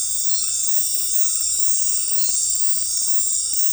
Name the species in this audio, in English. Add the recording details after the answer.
none. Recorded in dense forest near Puerto Asís, Putumayo, Colombia, on 20 February 2024 at 01:00. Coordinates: 0.484, -76.317. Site G6464